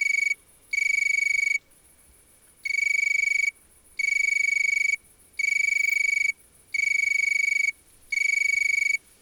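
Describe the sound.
Insect trilling in bright, sustained high buzzes, several trills of about a second each with short gaps, and one longer pause early on.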